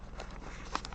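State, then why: Not seated. A small cardstock tab on a folded paper treat box is pushed into a cut slit so the box holds together without glue. Light paper crackle and ticks are heard around 0.2, 0.4, 0.8 and 0.9 s, the sharpest near 0.8 s. The tab has not seated or clicked home yet.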